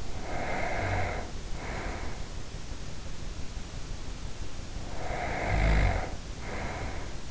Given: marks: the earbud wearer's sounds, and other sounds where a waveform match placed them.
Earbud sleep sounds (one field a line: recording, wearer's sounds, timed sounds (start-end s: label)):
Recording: sounds in sleep by an in-ear microphone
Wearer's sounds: breath, snoring breath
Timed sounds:
0.00-2.40 s: breath
4.77-7.21 s: snoring breath